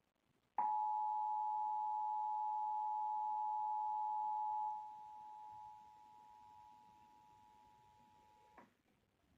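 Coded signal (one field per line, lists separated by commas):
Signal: Emergency Alert System (SAME) tones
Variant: 853 and 960 Hz attention tone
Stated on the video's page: Required monthly test received over Comcast cable.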